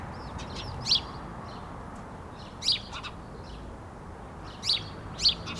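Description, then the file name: House sparrow chirping, scattered bright chirps with quieter twitters between them over a soft background hiss. "Passer domesticus"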